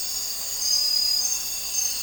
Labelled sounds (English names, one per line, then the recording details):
none
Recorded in dense forest near Puerto Asís, Putumayo, Colombia, on 4 March 2025 at 03:00
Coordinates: 0.467, -76.328
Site G041